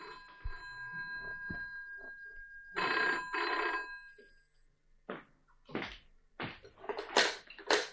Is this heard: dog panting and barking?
no